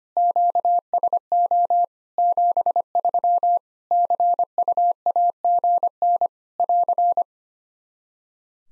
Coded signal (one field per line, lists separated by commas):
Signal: Morse code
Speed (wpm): 25 wpm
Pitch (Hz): 700 Hz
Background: none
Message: QSO 73 CUAGN <AR>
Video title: Practice QSO - Exchange 4- Ending - 25wpm